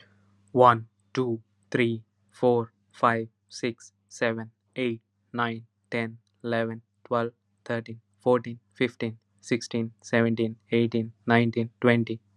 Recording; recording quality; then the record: counting at a normal pace; excellent, no background noise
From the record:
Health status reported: healthy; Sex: male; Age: 26 years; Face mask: not worn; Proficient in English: yes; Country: India